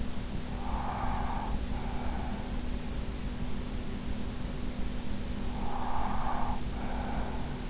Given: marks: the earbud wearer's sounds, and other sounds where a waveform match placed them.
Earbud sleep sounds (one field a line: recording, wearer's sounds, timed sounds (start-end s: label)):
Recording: sounds in sleep by an in-ear microphone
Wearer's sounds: breath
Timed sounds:
0.11-2.66 s: breath
4.99-7.70 s: breath